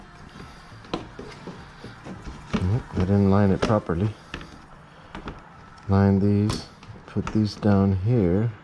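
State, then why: Not seated. A plastic body panel for a Can-Am Ryker three-wheel motorcycle is handled and lined up against its body mount while someone talks, with a few short knocks and taps from the handling. Nothing has seated or clicked into place yet.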